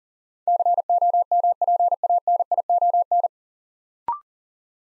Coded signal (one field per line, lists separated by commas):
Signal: Morse code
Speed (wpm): 40 wpm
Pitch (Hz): 700 Hz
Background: none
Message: COMPANION